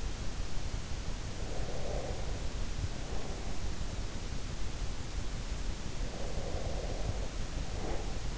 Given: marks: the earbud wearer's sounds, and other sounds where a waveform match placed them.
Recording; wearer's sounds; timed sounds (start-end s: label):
sounds in sleep by an in-ear microphone; breath
1.47-3.73 s: breath
6.25-8.38 s: breath